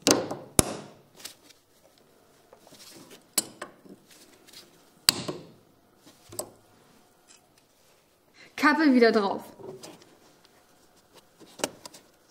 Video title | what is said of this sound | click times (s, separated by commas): FEDER STOßDÄMPFER DOMLAGER WECHSELN / TAUSCHEN 🔹 OPEL ASTRA H 🔹 SCHRITT FÜR SCHTITT ANLEITUNG | être pressés ensemble jusqu'à ce qu'ils s'enclenchent complètement, je le fais avec une pince à pompe à eau , | 0.6 s, 5.1 s